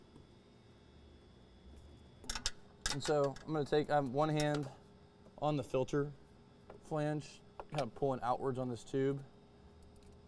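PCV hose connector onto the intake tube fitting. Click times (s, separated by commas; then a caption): 2.3 s, 2.5 s. The PCV hose quick-connect is pushed onto its fitting on a JLT cold air intake tube on a 2020-2026 Corvette C8 Stingray 6.2L. Two sharp, loud snaps at 2.3 s and 2.5 s show it seating fully. Someone talks afterward.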